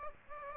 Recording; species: mosquito wingbeat signal from an infrared sensor; Aedes aegypti